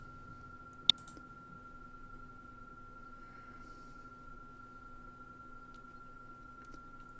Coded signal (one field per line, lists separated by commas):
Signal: PSK31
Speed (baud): 31.25 baud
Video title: Icom 7610 N3FJP ACLog Fldigi Integration